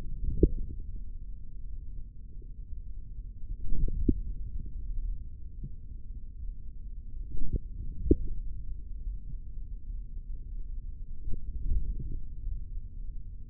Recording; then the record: forearm muscle sounds (acoustic myography)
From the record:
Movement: hand closing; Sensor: system 3, bracelet of six PUI Audio POM-2738L microphones around the upper forearm, with dedicated amplification and filtering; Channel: 3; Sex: male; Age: 25 years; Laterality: right